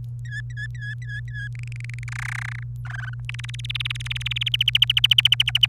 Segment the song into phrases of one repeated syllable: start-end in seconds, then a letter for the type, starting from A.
0.25-1.48 A, 1.55-2.04 B, 2.08-2.63 C, 2.85-3.14 D, 3.29-4.49 E, 4.54-5.66 F